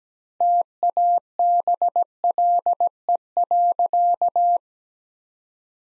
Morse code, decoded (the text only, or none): TABLE.